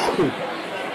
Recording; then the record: coughing mixed with background sound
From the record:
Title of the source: Coughing 77